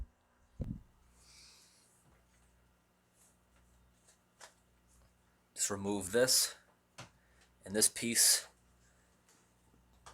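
A camera adapter piece is held and lined up on a vintage microscope head, ready to be pushed on, while someone talks. There are faint handling rustles and a brief low knock at about 0.6 s. Nothing has clicked into place yet.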